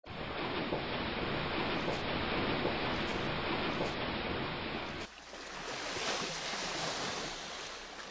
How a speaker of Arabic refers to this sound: حتى جاءها ملك من عند الله ضرب بجناحه، فنبع الماء وهو ماء زمزم، فجعلت تغرف منه وتشرب.